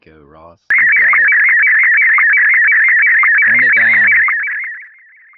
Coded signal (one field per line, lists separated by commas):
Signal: SSTV (slow-scan television)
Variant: Scottie DX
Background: speech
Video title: SSTV on Ham Radio ( watch me figure it out)